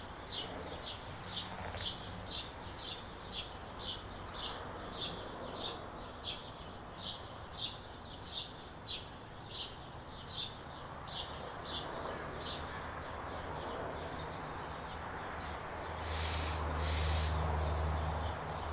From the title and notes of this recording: Maple Leaf 4:55 AM. Recorded in our backyard.